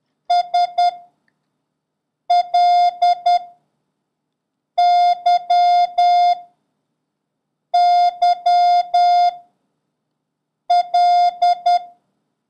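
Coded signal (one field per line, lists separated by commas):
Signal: Morse code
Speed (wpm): 10 wpm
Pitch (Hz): 710 Hz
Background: none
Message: S L Y Y L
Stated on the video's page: Morse code lesson covering letters Y, J, L and the number 4, with a random run drill.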